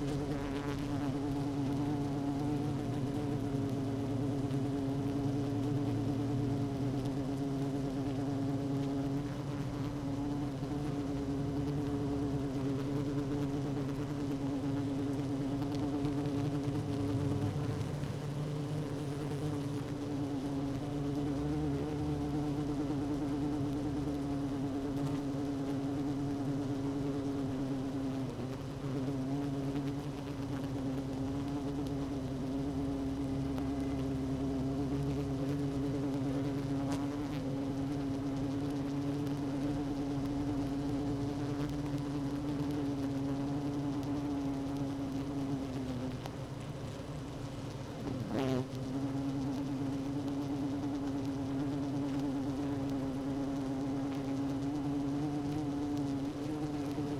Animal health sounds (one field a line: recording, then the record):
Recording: honeybee colony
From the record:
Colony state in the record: active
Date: 12 June 2018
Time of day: 16:33